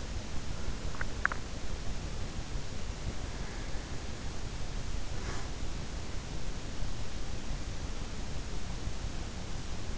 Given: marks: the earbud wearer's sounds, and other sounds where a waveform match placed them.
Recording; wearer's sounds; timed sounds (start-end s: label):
sounds in sleep by an in-ear microphone; teeth grinding, breath
0.00-1.65 s: teeth grinding
4.59-5.48 s: breath